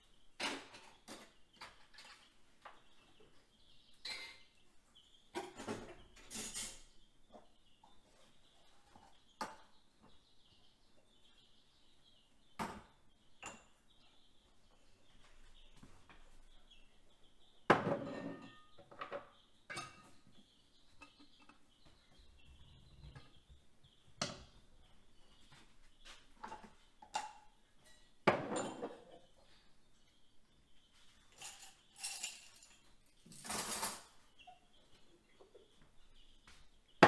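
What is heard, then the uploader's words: Dishes clink and clatter in a quiet kitchen, with scattered sharp knocks, louder bangs near 18, 28 and 34 seconds, and a faint high whine. Evening Dishes and Kitchen Redding. Washing dishes, running water, cupboards and drawers opening and closing in a quiet house.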